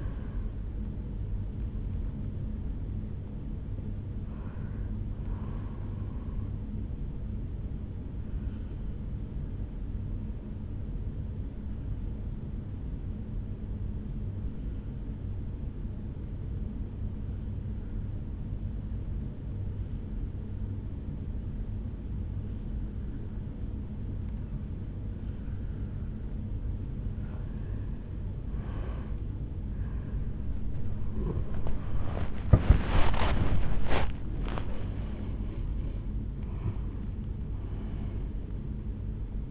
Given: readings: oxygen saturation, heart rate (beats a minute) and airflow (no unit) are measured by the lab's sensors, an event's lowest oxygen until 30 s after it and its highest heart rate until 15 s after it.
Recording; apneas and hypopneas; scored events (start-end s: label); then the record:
a person awake in a sleep study, by a smartphone at the bedside; 1
12.00-28.40 s: hypopnea (N1, oxygen 96% highest, then 89% lowest, heart rate 65 at the start, 83 highest)
17.00-39.51 s: new sleep stage, awake
27.00-39.51 s: awake
From the record:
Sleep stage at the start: N1 (lightest sleep); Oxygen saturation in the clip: 86 to 96%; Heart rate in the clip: 63 to 83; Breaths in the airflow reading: 5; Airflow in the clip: -10.9 to 9.7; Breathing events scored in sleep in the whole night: 449 in 7.0 hours asleep